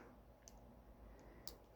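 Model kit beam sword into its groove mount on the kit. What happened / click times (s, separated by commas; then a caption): A small plastic part snaps onto its mount / 0.5 s, 1.5 s. The folded plastic beam sword of an HGCE Destiny Gundam Spec II Clear Color Gunpla model kit is lined up with a groove and pressed onto its mount. Two sharp plastic clicks are heard at 0.5 s and 1.5 s over a low background hiss. The sword seats onto the mount.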